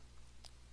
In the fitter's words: The gun can be closed by simply rotating the top back to the right until it locks in place.